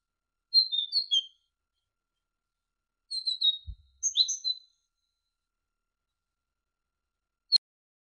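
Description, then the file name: Great tit song in whistled phrases of repeated and slurred notes, with a brief low thump and a sharp click later on. Masteran recording, used as training audio to teach songbirds. "suara masteran great tit"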